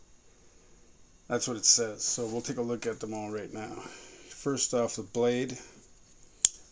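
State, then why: Seated. Someone talks, then the folding knife blade of a Leatherman Rev pocket multi-tool is swung open in the handle. At 6.5 s its metal liner lock engages with a single sharp click, locking the blade in place.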